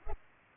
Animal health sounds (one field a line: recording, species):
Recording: mosquito wingbeat signal from an infrared sensor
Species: Culex pipiens